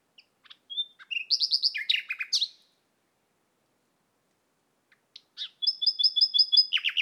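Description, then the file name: Common nightingale song: a whistled note and quick jumbled warble, a long silence, then a clear repeated series of pure high notes rolling into a lower flourish. "Luscinia megarhynchos"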